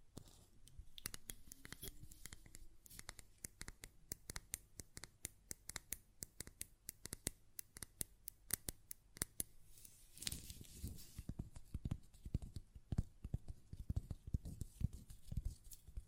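A glass perfume bottle is tapped and handled, producing dense, rapid clicks and clinks that run throughout. Bright, sharp ticks dominate the first ten seconds; after that the taps grow heavier and more scraping, with fuller knocks from the lid. A faint rising tone appears near two seconds.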